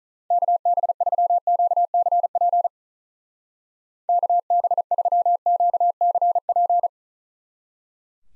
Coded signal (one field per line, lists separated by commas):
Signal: Morse code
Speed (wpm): 45 wpm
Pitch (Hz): 700 Hz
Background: none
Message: KB3QCP KB3QCP